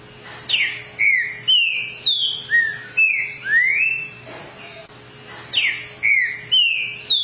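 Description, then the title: Green-winged saltator singing steadily, a chain of rich whistled notes sliding down and up, notes repeated about twice a second, with a faint steady hum underneath. Song voice type 06 of the green-winged saltator, one of 14 song types. "Canto De Trinca Ferro Voz 06"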